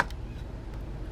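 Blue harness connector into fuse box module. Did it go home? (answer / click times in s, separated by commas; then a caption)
no / none. A blue harness connector is being slid up into place on the TIPM fuse box module of a 2011 Dodge Caravan during a fuel pump relay repair, with a low, steady handling rustle and faint ticks throughout. Nothing has seated or clicked yet; the connector is not home by the end of the clip.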